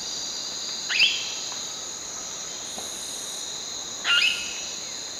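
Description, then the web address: Orange-cheeked parrot calls, two short harsh squawks about three seconds apart, over a steady high-pitched insect chorus. Calls, recorded in the eastern lowlands of South America. "Natures Songs S America Eastern Lowlands. Pionopsitta barrabandi"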